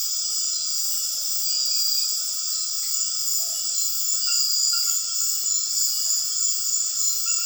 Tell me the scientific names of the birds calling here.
none